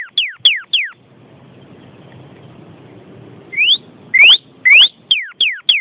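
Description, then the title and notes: Bird song: clear whistled notes sliding steeply downward, a hissy pause, then rising whistles mixed with sharp clicks and more falling notes. "Bird Sound. Kicau Burung Lengkap"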